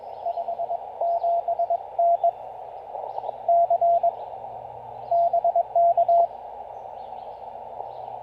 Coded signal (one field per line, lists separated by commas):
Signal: Morse code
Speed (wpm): 19 wpm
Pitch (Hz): 700 Hz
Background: radio noise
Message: 5 7 N C BK